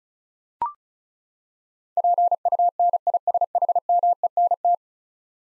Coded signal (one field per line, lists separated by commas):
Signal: Morse code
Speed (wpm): 36 wpm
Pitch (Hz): 700 Hz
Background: none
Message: PUNISHMENT